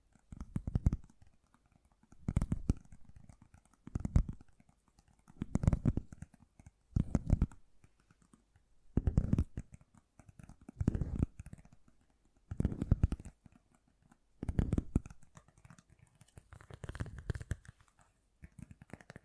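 Fast, gentle tapping comes in short bursts, each lasting about half a second to a second, with brief quiet gaps between them roughly every two seconds. The taps are soft, dense clicks with a low thump underneath, like fingertips drumming on a hard surface.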